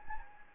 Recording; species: mosquito wingbeat signal from an infrared sensor; Anopheles gambiae